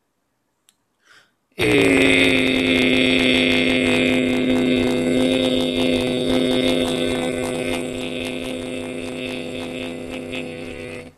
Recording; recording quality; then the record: sustained vowel as in made; poor, much background noise or distortion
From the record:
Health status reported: healthy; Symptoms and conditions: none ticked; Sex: male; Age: 31 years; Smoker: not ticked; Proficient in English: yes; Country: India